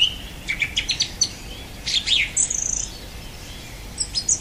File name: Golosa ptic - Pevchij drozd